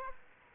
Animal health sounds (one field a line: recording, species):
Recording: mosquito wingbeat signal from an infrared sensor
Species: Aedes aegypti